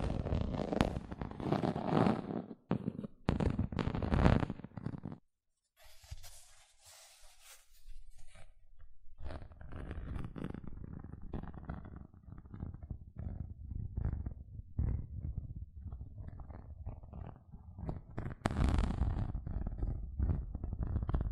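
Gentle scratching sounds with soft, dense rustling and low rumbling textures, broken into quick irregular strokes. Around five seconds the sound drops out briefly, then a lighter, thinner scratching plays before the fuller low scratching resumes and continues, with brighter bursts near nineteen seconds.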